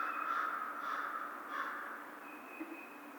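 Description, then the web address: American crow calling with three rough caws, then quieter; a thin high tone and a low hum run beneath. Recorded 2 March 2010. "Crow 2010 03 02 American Crow"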